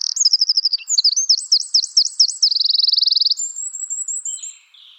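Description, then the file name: Eurasian wren song: rapid high trills and zigzag warbles running into a fast rattle, then a thin high whistle fading out. "Troglodytes troglodytes"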